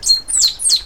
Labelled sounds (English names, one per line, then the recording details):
Stitchbird song
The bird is a male
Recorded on Tiritiri Matangi Island, New Zealand, in 2005
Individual 10, of nest box 12